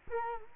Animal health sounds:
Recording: mosquito wingbeat signal from an infrared sensor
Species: Culex quinquefasciatus

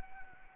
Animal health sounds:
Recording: mosquito wingbeat signal from an infrared sensor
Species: Anopheles arabiensis

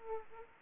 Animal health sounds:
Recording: mosquito wingbeat signal from an infrared sensor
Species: Aedes aegypti

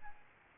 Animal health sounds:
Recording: mosquito wingbeat signal from an infrared sensor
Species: Aedes albopictus

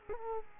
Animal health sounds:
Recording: mosquito wingbeat signal from an infrared sensor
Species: Culex quinquefasciatus

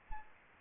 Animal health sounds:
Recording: mosquito wingbeat signal from an infrared sensor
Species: Aedes albopictus

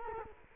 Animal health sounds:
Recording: mosquito wingbeat signal from an infrared sensor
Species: Culex quinquefasciatus

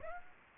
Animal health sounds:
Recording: mosquito wingbeat signal from an infrared sensor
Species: Aedes aegypti

